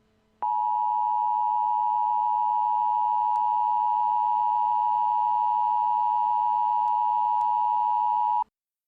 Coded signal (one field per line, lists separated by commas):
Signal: Emergency Alert System (SAME) tones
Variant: 853 and 960 Hz attention tone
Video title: EAS Scenario: Voldemort visits the U S